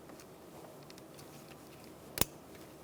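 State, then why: Seated. A wiring harness electrical connector is pushed onto a new ignition coil for a 2002-2006 Honda CR-V 2.4L L4 before the coil is installed. After a quiet stretch with only faint ticks, a single sharp, bright click rings out at 2.2 s as the connector seats.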